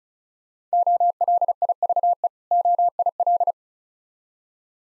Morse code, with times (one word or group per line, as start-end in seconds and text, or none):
0.7-2.3 OLIVE
2.5-3.5 OIL